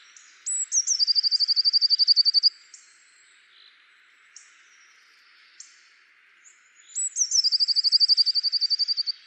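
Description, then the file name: Eurasian blue tit singing a sharp high introductory note followed by a rapid ringing trill lasting about two seconds, repeated once after a quiet pause. "Cyanistes caeruleus"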